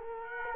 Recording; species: mosquito wingbeat signal from an infrared sensor; Culex quinquefasciatus